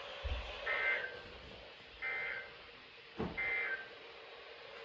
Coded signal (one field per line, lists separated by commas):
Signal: Emergency Alert System (SAME) tones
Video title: One watch, One Culpeper. (4/22/23) (EAS #547 - 548)